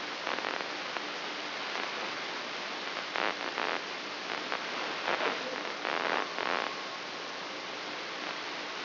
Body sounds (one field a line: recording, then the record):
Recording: brain microelectrode recording played as sound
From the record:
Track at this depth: outside the subthalamic nucleus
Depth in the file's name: 8.704 mm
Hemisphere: left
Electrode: 3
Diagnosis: Parkinson's disease